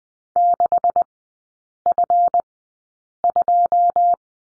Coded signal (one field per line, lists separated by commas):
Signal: Morse code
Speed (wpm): 20 wpm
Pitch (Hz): 700 Hz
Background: none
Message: 6F2